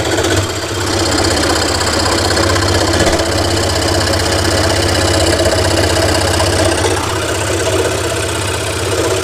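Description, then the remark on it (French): A scroll saw cuts pieces of wood to be assembled into a made-to-measure frame, with a steady, loud motorized drone and a low humming undertone that runs unbroken for the whole stretch, with no voices. “Alors, je découpe les morceaux de bois avec une scie pour les assembler et construire le cadre.”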